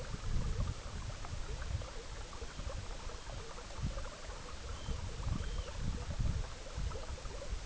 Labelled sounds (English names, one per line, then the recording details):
Arctic Tern
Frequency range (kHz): Arctic Tern 2.1-4.0 kHz
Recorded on Arctic tundra, site EABA-MC, on 19 June 2019
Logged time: 22:00